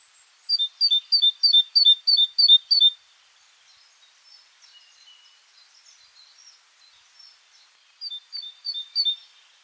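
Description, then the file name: Great tit calling in quick runs of two-note high chirps, a longer run, then a pause with faint softer notes, then a shorter run. "Parus major"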